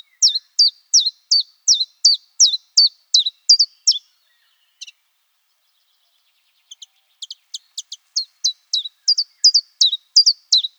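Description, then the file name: Common chiffchaff song: a steady run of sharp, high, downslurred notes, about three each second, a short break, then the rhythmic series picks up again. "phylloscopus collybita"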